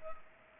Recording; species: mosquito wingbeat signal from an infrared sensor; Culex pipiens